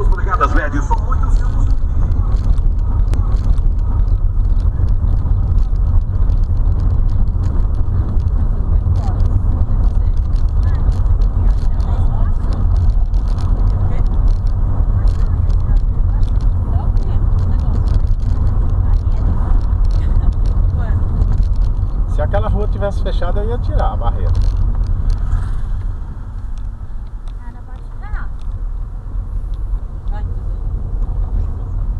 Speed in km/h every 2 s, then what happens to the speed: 23, 25, 30, 32, 33, 35, 34, 35, 34, 33, 31, 32, 22, 12, 17, 23.
0-9 speeds up to 35. 9-17 steady at about 34. 17-27 slows to 12. 27-32 speeds up to 23.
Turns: none.